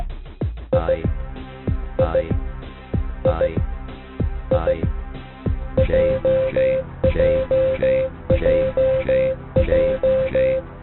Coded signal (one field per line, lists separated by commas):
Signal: Morse code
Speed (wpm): 15 wpm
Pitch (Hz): 520 Hz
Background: music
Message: I I I I JJJJ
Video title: E2HQ--IARU HF World Championship 2020 /OP.E25ETT #RAST #E2HQ #RadioByBoy